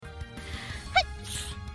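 A single small sneeze: a brief high-pitched voiced squeak followed by a short breathy hiss, over faint background hum.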